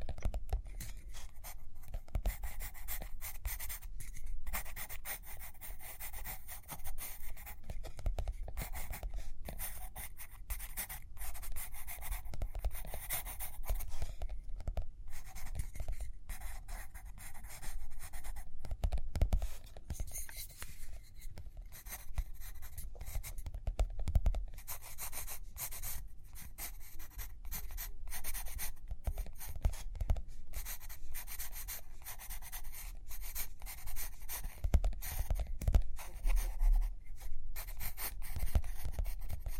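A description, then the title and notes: Pen or pencil scratching across paper in dense, steady strokes for the whole stretch, with brief pauses and occasional low taps. Page Turning and Tapping, Writing, Drawing.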